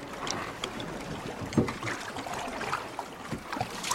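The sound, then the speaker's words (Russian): Fishermen row a boat toward nets set in the water, with irregular oar splashes and dips over a steady wash of lapping, trickling water. No voices. “Рыбаки на лодке подплывают к расставленным сетям.”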